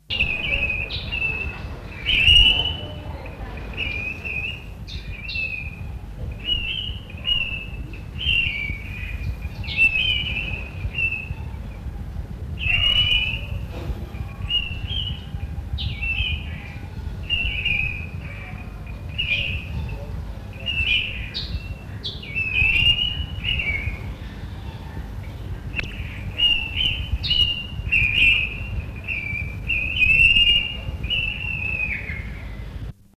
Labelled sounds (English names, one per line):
Speckled Mousebird call